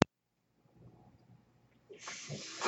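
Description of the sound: After a sharp click, a faint low rumble gives way to a rising, airy hiss over the last second, like a gust of air. It is the background noise of a home mechanical ventilator pushing air through its tubing.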